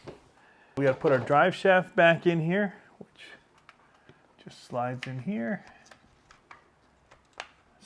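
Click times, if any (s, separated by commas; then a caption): 7.4 s. Someone talks while the center drive shaft of an ARRMA Infraction 4x4 RC truck is slid back into its mount in the chassis drivetrain, with a few faint ticks and handling noises. It is pushed until it snaps into place with a sharp click at 7.4 s, and the shaft is seated.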